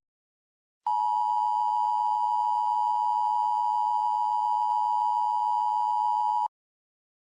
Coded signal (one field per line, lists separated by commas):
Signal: Emergency Alert System (SAME) tones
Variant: 853 and 960 Hz attention tone